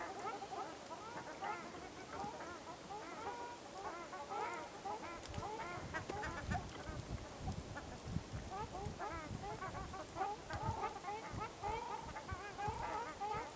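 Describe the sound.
Ruddy shelducks giving a steady chorus of nasal honking notes from many birds, continuing without pause.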